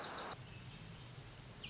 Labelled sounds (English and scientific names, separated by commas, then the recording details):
Wilson's Warbler (Cardellina pusilla)
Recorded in Sonoma County, California